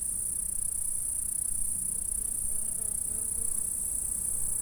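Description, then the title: Insects stridulating in a dense, steady high-pitched hiss that never breaks, with faint soft tonal notes briefly audible lower down. "Saint-François-de-Sales, France - insectes"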